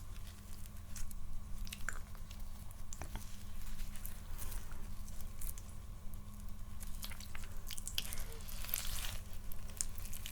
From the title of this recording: Layeredmouth Soundstapping